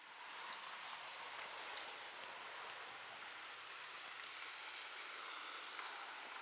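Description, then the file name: Eurasian blue tit repeating a thin, high, slurred note four times against a soft background hiss. "Cyanistes caeruleus"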